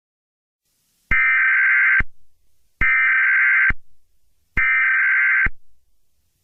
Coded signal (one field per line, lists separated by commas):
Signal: Emergency Alert System (SAME) tones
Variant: header bursts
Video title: Stay Outside | EAS Scenario #8